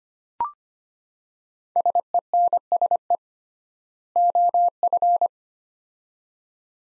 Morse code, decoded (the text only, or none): SENSE OF